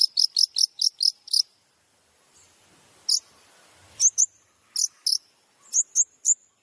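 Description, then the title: Long-tailed shrike song: sharp, high piercing notes fired in a quick series, then spaced single and paired notes. Training song (masteran) full of 'tembakan' (shot-like) notes, used to train other long-tailed shrikes. "MASTERAN CENDET FULL TEMBAKAN"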